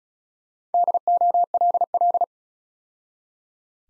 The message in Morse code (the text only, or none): DOLL